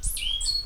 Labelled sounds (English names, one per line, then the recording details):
Stitchbird song
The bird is a male
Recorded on Tiritiri Matangi Island, New Zealand, in 2005
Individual 10, of nest box 12